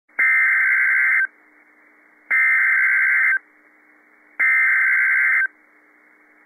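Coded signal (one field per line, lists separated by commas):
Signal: Emergency Alert System (SAME) tones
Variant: header bursts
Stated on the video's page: Tornado warning issued by the National Weather Service in Tulsa for Oklahoma counties.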